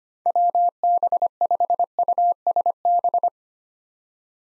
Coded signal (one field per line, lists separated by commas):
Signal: Morse code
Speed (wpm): 25 wpm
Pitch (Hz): 700 Hz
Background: none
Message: WB5USB